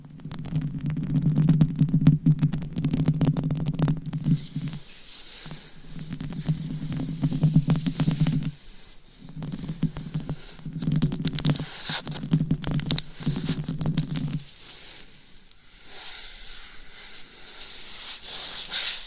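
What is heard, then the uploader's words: Mic scratching: rough, crackly rubbing in dense bursts, with a low rumbling hum under each burst. Four or five passes run in the first fifteen seconds, separated by brief gaps. After that the scraping thins to lighter scattered ticks and a faint hiss. Mic Scratching Edition! ASMR No Talking.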